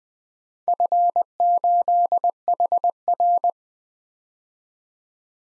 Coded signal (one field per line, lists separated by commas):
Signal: Morse code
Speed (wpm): 20 wpm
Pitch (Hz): 700 Hz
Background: none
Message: F8HR